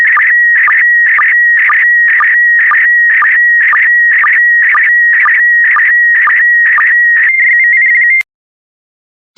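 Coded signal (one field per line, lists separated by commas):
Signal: SSTV (slow-scan television)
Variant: PD120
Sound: warbling tone around 2 kHz with regular low sync blips, ending abruptly after eight seconds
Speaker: the next image transmission will start in 10 seconds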